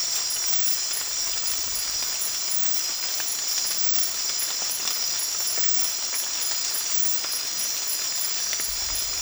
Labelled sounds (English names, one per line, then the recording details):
none
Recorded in dense forest near Puerto Asís, Putumayo, Colombia, on 8 March 2025 at 02:00
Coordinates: 0.503, -76.323
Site GP09